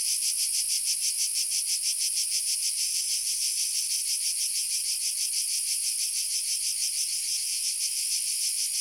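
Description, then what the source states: Cicadas singing, a dense high-pitched buzzing drone pulsing about three times a second without pause, two species overlapping. Two cicada species together; Sardinia, Sassari, Patada to Oshiri road north of Mount Pedralunga, 300 m; 16 July 1990, 14:30; very hazy sun, 35 °C; UHER 4200 recorder, AKG D202 microphone.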